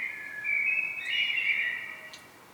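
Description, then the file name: Common blackbird giving a continuous, mellow fluted warble that wavers in pitch, with a couple of faint high ticks, fading at the end. "Turdus merula"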